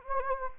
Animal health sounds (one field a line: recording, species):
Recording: mosquito wingbeat signal from an infrared sensor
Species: Anopheles gambiae